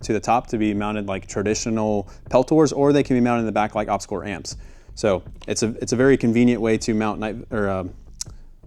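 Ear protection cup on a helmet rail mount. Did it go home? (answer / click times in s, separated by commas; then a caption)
yes / 8.2 s. An electronic ear protection cup on a helmet rail mount is clamped down and locks into place. Someone talks throughout, and a sharp click at 8.2 s marks the cup seating and locking onto the rail.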